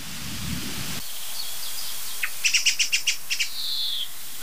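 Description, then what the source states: Song Thrush alarm calls, a rapid burst of several sharp clicking notes. Excited song thrush in a big old oak, about 60 m from the previous spot, mobbing a roosting tawny owl.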